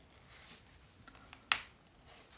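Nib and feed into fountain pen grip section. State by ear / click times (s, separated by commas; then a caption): seated / 1.5 s. A fountain pen's nib and feed are pushed back together into the rear of the grip section, with a few faint ticks at 1.1 to 1.3 s. A sharp, bright click at 1.5 s marks them locking into place, and the nib and feed are now seated and latched.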